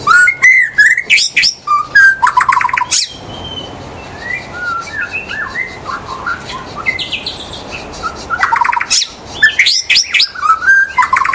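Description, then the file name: White-rumped shama singing rich whistled phrases mixed with rapid buzzy trills and clicks, with quieter fluting notes in between before loud varied bursts return. "murai batu di hutan"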